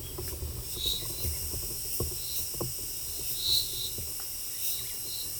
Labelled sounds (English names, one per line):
none